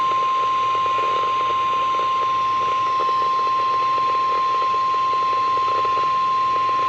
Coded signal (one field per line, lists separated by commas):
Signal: Emergency Alert System (SAME) tones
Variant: 1050 Hz attention tone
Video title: LSX Required Weekly Test On KXI70 & KDO89 3/5/2026 (EAS #3,045-3,046)